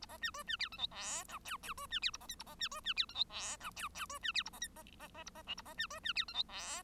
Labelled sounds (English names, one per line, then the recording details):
Bengalese Finch song
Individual Bird1